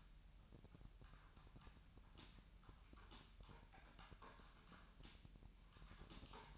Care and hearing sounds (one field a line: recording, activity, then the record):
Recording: daily activity, microphone in the room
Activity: typing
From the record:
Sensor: 2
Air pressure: 1001.9 hPa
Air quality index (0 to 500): 248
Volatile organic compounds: 39 ppm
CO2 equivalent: 3129 ppm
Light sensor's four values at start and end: 11/36/13/14 and 11/36/13/14